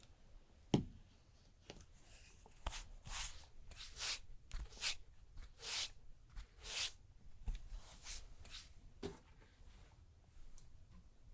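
Massage sounds with no talking: soft rubbing and brushing strokes come in short, hissy swishes, thickest between about three and seven seconds. A sharp tap lands near the start, followed by scattered light knocks and clicks over a quiet, low hum.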